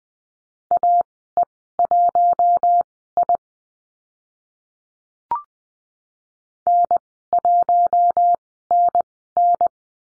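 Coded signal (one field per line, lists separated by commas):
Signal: Morse code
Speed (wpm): 20 wpm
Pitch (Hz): 700 Hz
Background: none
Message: AE1I N1NN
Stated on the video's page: Morse code course lesson on call signs at Farnsworth speed 20/10 wpm.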